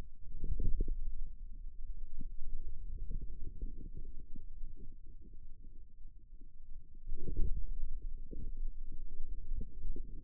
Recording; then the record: forearm muscle sounds (acoustic myography)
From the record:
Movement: outward rotation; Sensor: system 2, bracelet of six BSWA MPA416 microphones around the upper forearm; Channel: 5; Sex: male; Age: 22 years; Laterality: right